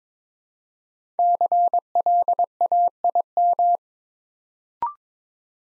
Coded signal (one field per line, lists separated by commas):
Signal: Morse code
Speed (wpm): 22 wpm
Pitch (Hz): 700 Hz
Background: none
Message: CLAIM